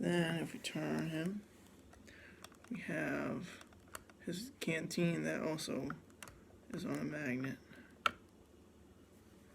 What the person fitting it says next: that pops right in place so